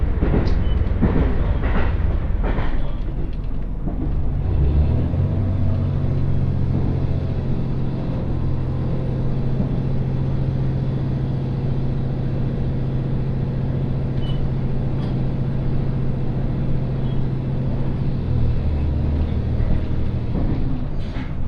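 A one-car GV-E400 hybrid train runs on the Tsugaru Line between Kanita and Tsugaru-Futamata, with a constant loud rumble throughout. A steady low drone rises in pitch around five seconds, holds until about eighteen seconds, then drops back. Brief knocks and clatters stand out near the start.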